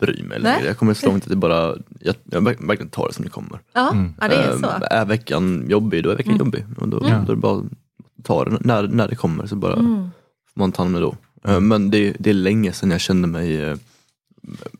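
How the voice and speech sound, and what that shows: A young man who lives with stuttering speaks conversational Swedish. His speech is mostly fluent, with several short word and syllable repetitions such as "jag, jag", "när, när" and "det, det", plus hesitant pauses. These are repetition disfluencies typical of mild stuttering.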